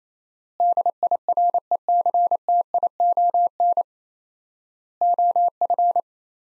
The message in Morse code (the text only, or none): DIRECTION OF